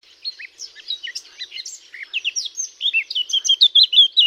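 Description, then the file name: Eurasian blackcap song: a scratchy, hurried warble of varied chirps that builds into louder, clear fluty notes repeated rapidly toward the end. "Sylvia atricapilla"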